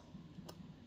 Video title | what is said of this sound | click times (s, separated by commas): STREBITO Precision Screwdriver 13-in-1 Multi-Bit Small Screwdriver Set | we pick it right up or even with the other hand end we pick it right up it snaps into place so | 0.5 s